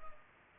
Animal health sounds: mosquito wingbeat signal from an infrared sensor; Culex pipiens

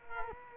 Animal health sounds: mosquito wingbeat signal from an infrared sensor; Culex quinquefasciatus

